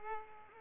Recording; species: mosquito wingbeat signal from an infrared sensor; Culex pipiens